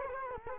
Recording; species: mosquito wingbeat signal from an infrared sensor; Culex quinquefasciatus